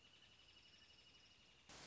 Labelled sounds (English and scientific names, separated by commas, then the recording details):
Wrentit (Chamaea fasciata)
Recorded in Sonoma County, California